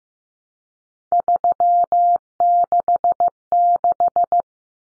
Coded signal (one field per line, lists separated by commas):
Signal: Morse code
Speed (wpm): 15 wpm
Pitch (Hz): 700 Hz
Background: none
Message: 366